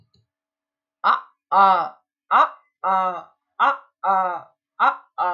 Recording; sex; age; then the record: vowel held as long as possible; female; 30 to 39 years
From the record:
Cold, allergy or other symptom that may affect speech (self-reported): no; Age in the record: 36 years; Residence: New Jersey, United States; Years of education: 16